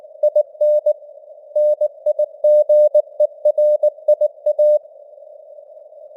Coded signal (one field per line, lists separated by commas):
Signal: Morse code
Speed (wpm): 19 wpm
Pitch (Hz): 600 Hz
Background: none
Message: IN NIGERIA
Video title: Morse Code News | 2025-11-03 | 19wpm